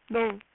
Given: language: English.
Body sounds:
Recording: throat vibration sensor signal played as sound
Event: speech

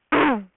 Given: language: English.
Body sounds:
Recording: throat vibration sensor signal played as sound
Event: throat clearing

